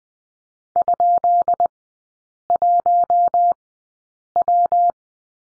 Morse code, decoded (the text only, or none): ?1W